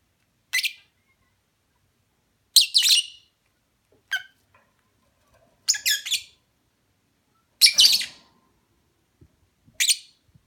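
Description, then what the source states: Lovebird shrill chirps, six sharp bursts spaced roughly two seconds apart, some broken into quick double or triple notes, with quiet between them. Mating call.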